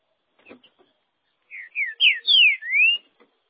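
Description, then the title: Green-winged saltator song, a phrase of five clear whistled notes, mostly slurred downward, with the last one rising, after a few faint clicks. "Trinca Ferro"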